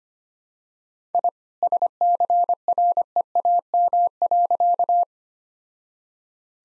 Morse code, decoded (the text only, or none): I SCREAM.